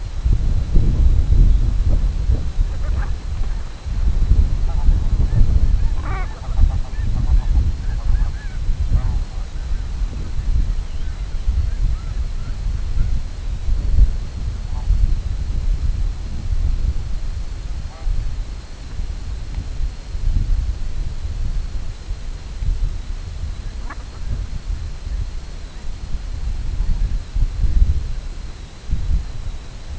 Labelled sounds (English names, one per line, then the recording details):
Brent Goose
King Eider
unidentified sound
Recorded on Arctic tundra, site CORI-1, on 21 June 2018
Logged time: 00:00